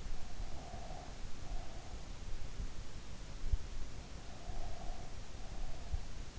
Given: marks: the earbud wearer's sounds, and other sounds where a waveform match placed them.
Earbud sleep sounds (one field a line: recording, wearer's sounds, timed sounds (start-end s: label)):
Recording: sounds in sleep by an in-ear microphone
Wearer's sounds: breath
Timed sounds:
0.26-2.40 s: breath
4.07-6.08 s: breath